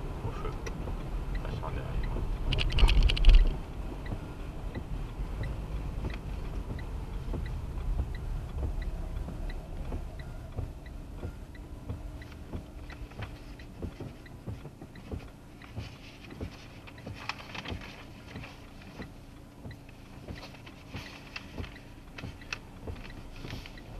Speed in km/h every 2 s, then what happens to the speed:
33, 30, 25, 19, 14, 8, 2, 0, 0, 0, 0, 1.
0-13 slows to 0. 13-22 standing.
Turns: none.